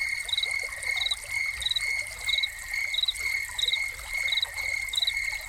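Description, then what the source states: Crickets keep up a thin continuous trill and regular pulsed chirps while water splashes and trickles steadily in the background. Crickets recorded together with a running fountain.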